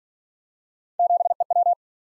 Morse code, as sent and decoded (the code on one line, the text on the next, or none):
--... . .--
7EW